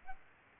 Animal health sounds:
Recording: mosquito wingbeat signal from an infrared sensor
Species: Aedes albopictus

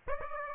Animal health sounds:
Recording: mosquito wingbeat signal from an infrared sensor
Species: Aedes aegypti

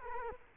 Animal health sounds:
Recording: mosquito wingbeat signal from an infrared sensor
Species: Culex quinquefasciatus

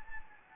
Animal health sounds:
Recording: mosquito wingbeat signal from an infrared sensor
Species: Anopheles gambiae

